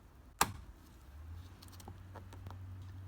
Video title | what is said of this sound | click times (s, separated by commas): How to Replace 06-11 Si Door Window Black Molding and Side View Mirror | it should just snap into place just like this | 0.4 s